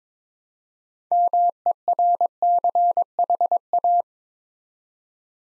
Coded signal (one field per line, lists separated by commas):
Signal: Morse code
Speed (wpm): 22 wpm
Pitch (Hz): 700 Hz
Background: none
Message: MERCHA